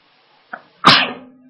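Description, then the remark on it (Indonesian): A single loud sneeze: a short catching inhale, then a sharp, forceful burst that trails off into a brief tonal exhale. No one speaks. “Alhamdulillah.”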